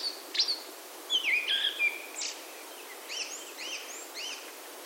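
Japanese thrush song: brief whistled notes and a descending slur, then a series of soft repeated arched notes fading out.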